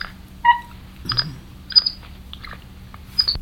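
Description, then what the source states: Capuchin monkey calls: several short, sharp whistled squeaks and chirps scattered throughout, some falling in pitch. A primate known for its smarts and mischief; played as a listening quiz, where its call was first mistaken for a bird.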